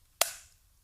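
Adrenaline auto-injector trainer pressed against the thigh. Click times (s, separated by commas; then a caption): 0.2 s. With its blue safety top removed, an adrenaline auto-injector trainer is pressed down onto the middle of the thigh until its mechanism fires. A single sharp click is heard at 0.2 s, ringing briefly into the high frequencies before fading. The pen has fired.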